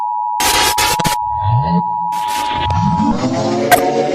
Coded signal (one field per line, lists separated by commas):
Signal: Emergency Alert System (SAME) tones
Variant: 853 and 960 Hz attention tone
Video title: EAS Scenarios #42-43 Thanksgiving Special